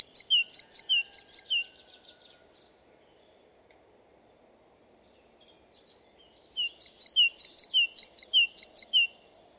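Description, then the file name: Great tit song in two bursts, each a quick run of alternating low and high notes, like a repeated see-saw, separated by several seconds of quiet. "Parus major"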